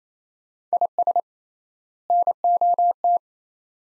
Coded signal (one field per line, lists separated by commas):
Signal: Morse code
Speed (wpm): 27 wpm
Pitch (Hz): 700 Hz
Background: none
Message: IS NOT